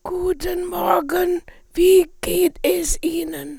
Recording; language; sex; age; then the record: spoken sentence; German; female; 70 to 79 years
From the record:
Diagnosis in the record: Reinke's edema, hyperfunctional dysphonia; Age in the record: 73 years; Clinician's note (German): Zustand nach Abtragung